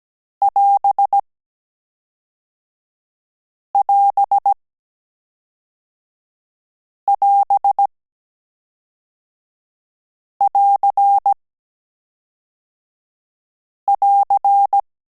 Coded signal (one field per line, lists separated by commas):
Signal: Morse code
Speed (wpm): 17 wpm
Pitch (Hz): 800 Hz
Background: none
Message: <AS><AS><AS><AR><AR>